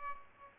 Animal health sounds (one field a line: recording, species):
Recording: mosquito wingbeat signal from an infrared sensor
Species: Aedes albopictus